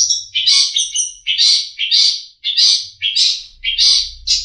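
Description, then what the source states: Long-tailed shrike with varied, chattering high notes in quick uneven groups, accompanied by a low background hum toward the end. Known locally as cendet; a master song recording used for training songbirds.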